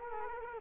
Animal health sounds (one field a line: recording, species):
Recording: mosquito wingbeat signal from an infrared sensor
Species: Culex quinquefasciatus